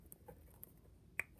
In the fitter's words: sure when you put your cap on your marker, you hear that snap.